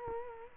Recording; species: mosquito wingbeat signal from an infrared sensor; Culex quinquefasciatus